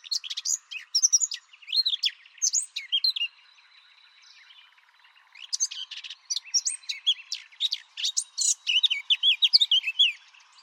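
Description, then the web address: Bird chirps and whistles come in two lively bursts of quick, high notes separated by a quieter pause in the middle. "cianscape birddata Deverinetal 2025 Bird"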